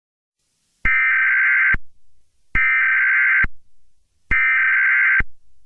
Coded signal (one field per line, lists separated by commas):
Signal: Emergency Alert System (SAME) tones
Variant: header bursts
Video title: TRC Community/EAS (July 9th, 2021) #2